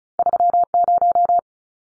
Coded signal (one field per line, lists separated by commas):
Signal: Morse code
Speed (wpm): 34 wpm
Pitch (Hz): 700 Hz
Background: none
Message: 30